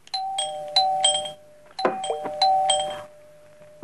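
doorbell ringing

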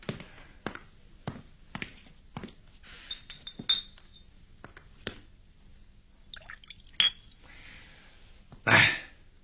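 glasses clinking

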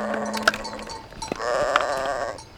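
sheep bleating

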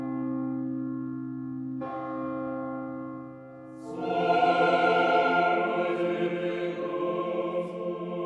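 church bells ringing

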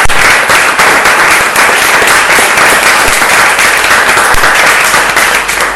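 applause

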